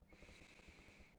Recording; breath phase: one breath near a microphone; inhalation